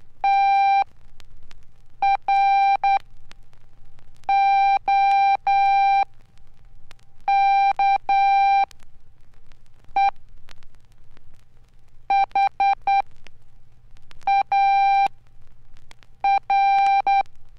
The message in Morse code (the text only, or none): TROKE HAR